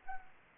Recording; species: mosquito wingbeat signal from an infrared sensor; Anopheles arabiensis